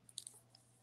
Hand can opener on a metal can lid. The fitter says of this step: it's no it didn't click all the way no it's eating it sometimes